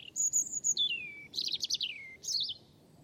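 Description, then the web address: European robin song, a run of high, sweet phrases: sustained thin whistles, a long sliding note falling in pitch, then quick tumbling trills over a quiet background. "cianscape birddata Deverinetal Bird Only Er Ru"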